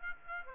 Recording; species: mosquito wingbeat signal from an infrared sensor; Aedes aegypti